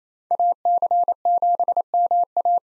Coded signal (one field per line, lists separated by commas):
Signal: Morse code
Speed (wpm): 28 wpm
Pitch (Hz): 700 Hz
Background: none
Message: AC7MA